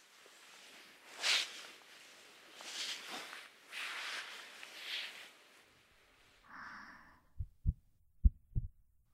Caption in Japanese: 私の心臓の音。 ドクンドクンドクン、同じリズムで脈を打ってる。